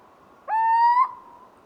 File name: Little Owl Hooting emerging from two quieter call types